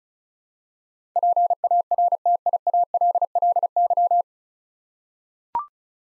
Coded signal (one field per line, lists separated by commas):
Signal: Morse code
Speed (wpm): 34 wpm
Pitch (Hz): 700 Hz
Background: none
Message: PARTIALLY